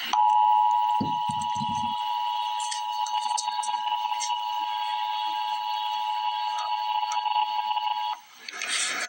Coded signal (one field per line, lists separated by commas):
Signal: Emergency Alert System (SAME) tones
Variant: 853 and 960 Hz attention tone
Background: speech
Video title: Emergency Alert System - Flood Advisory - Apr 1, 2026 at 7:22 PM EDT